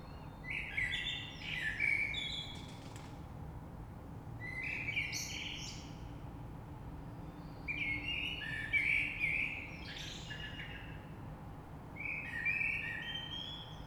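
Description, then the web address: Common blackbird song: several rich, fluty warbling phrases with scratchy high codas, spaced a few seconds apart, over quiet steady background noise. Recorded 3 March 2020. "oiseaux Rush Merle 3-3-2020"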